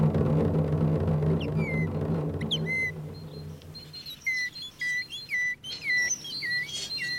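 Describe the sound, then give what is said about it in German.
A person imitating a tit whistles a bird-like call, repeating short, high, chirpy two-note phrases in quick succession, at first over a low rumbling hum that fades out, then alone. “Eine Meise? Wer hat eine Meise?”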